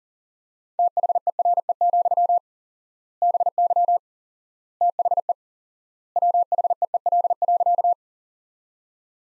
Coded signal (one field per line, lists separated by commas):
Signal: Morse code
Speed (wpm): 40 wpm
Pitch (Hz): 700 Hz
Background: none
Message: THERE, BY THE WHEEL.